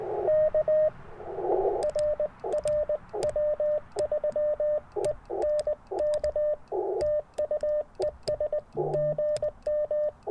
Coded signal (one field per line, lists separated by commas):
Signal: Morse code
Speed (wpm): 20 wpm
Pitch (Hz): 590 Hz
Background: radio noise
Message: K RR W3ENK TU ES GM